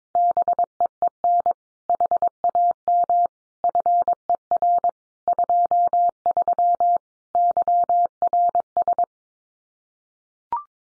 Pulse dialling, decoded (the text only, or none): none